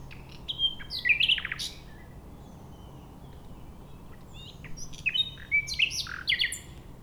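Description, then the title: Nightingale song with varied, rich phrases of chirps, trills and buzzy notes in two bursts separated by a pause, over low background noise. Singing in a bush between a railway line and the shore of Lac du Bourget, Entrelacs, France, unbothered by passing trains. "2 D991, Entrelacs, France - Rossignol ferroviaire"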